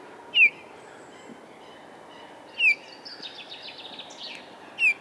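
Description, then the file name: Eurasian bullfinch repeating a mellow, falling whistled note three times at roughly two-second intervals, with fainter high notes in between and faint background noise. "Pyrrhula pyrrhula"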